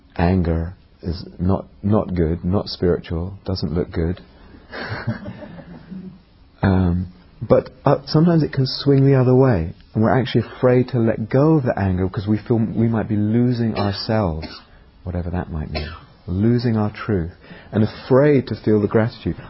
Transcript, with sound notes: anger is not good, not spiritual, doesn't look good. [laughter] But sometimes it can swing the other way and we're actually afraid to let go of the anger because we feel we might be losing ourselves, whatever that might mean, losing our truth, and afraid to feel the gratitude.